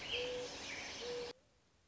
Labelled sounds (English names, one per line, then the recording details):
Mourning Dove
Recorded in Sonoma County, California